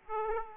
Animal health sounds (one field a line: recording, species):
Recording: mosquito wingbeat signal from an infrared sensor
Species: Aedes aegypti